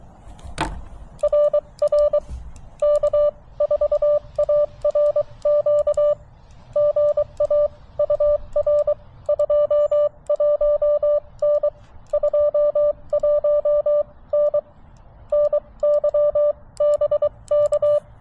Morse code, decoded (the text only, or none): RR K4ARQ GA UR 21N 21N NY BK